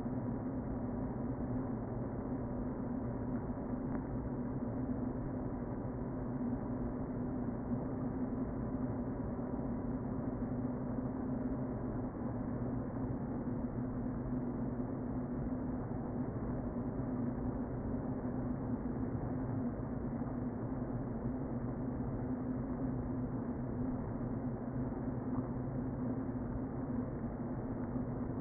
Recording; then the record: honeybee colony, microphone inside the hive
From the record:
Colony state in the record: queen present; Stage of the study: before two queens were removed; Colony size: about 60,000 bees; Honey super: yes